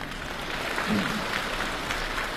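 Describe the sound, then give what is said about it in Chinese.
A theater audience at the Beijing Exhibition Theatre claps for a crosstalk performance during Chinese New Year, in steady, dense applause, a continuous crackling wash of many hands that holds at an even, moderate loudness throughout, with no voices over it. “您看这回整齐多了。”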